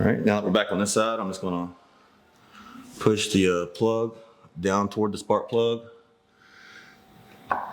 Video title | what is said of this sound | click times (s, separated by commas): 🛠️ How to Install Plug Wires on a Harley Milwaukee 8 - The Easy Way | Push down until I can hear that definitive click. And there it went. | 7.5 s